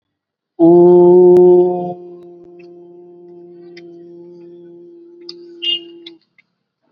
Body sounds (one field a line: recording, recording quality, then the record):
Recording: sustained vowel as in boot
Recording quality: excellent, no background noise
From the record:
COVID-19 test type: RT-PCR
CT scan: not taken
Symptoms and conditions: none ticked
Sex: male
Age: 39 years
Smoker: yes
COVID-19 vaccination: both doses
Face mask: worn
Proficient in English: yes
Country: India